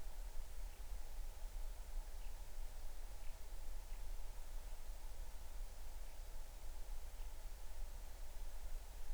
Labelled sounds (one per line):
songbird